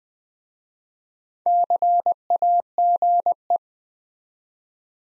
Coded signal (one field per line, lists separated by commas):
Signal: Morse code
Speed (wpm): 20 wpm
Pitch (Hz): 700 Hz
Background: none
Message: CAGE